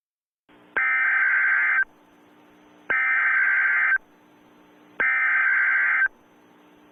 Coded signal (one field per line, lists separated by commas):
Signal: Emergency Alert System (SAME) tones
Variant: header bursts